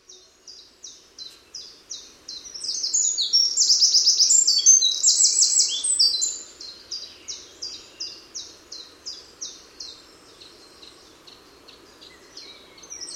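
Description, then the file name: Eurasian wren giving evenly spaced high ticking notes, breaking into a loud, fast trilled outburst early on, then returning to steady ticks. "Troglodytes troglodytes"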